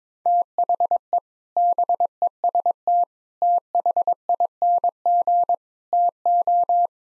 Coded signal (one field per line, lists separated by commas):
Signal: Morse code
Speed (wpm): 22 wpm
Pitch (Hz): 700 Hz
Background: none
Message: THE BEST THING TO